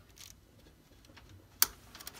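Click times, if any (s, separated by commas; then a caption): 1.6 s. A DDR4 memory stick, already seated at the bottom, has its top pressed into a motherboard DIMM slot. A few faint ticks and light handling noises come first, then a sharp latch click at 1.6 s, followed by softer taps. The module is fully inserted.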